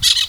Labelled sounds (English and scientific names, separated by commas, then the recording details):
Brown-throated Parakeet (Eupsittula pertinax) contact call
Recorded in Venezuela
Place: Guárico; Corozopando; Fundo La Fe
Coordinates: 8.506, -67.593